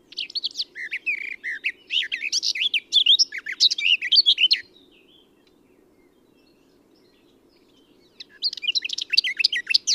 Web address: SETE Sylvia atricapilla